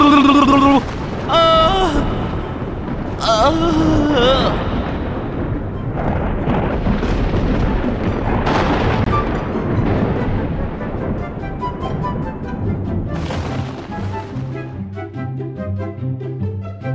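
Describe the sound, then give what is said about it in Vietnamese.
Loud, deafening thunder crashes as a lightning bolt strikes down onto a lightning rod, booming bursts rolling on continuously for several seconds, layered with dramatic sound effects, ending in a rhythmic, pulsing low rumble. “Tiếng sấm sét đình tai nhức óc vang lên.”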